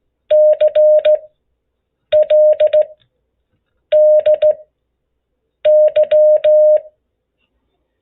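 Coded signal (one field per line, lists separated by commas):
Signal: Morse code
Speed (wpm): 16 wpm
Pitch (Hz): 610 Hz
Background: none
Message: CLDY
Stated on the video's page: Beginner CW contact practice covering Q-signals, prosigns and operating etiquette.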